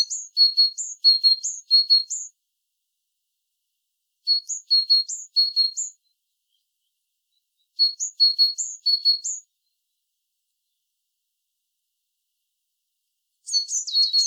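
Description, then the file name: Great tit phrases of repeated high two-note units, each burst lasting about two seconds, with quiet gaps of a few seconds between. "Parus major"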